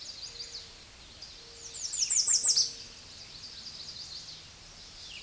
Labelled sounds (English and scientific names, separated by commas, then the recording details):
American Redstart (Setophaga ruticilla) song
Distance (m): 10 m
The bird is about level with the microphone
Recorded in a Pennsylvania forest on 16 May 2024 at 06:30
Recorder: AudioMoth, point MSD-0526
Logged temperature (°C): 16.6 °C
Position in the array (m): 111 m, 236 m